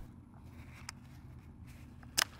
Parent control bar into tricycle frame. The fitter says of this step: slide the parent control bar in and lock it in with the pin